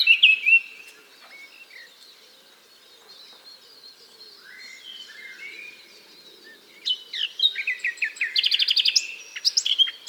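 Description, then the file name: Eurasian blackcap song: a loud opening burst of notes, a long quiet warbling passage, then a rich fast warble of varied whistled notes in the last few seconds. "Sylvia atricapilla"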